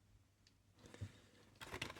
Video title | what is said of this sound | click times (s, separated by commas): Chase Report week 41-42 2024 : Matchbox Super Chase, Majorette 2025 Limited Edition 11 + Sports Cars | always nice if it makes that snap sound | 1.8 s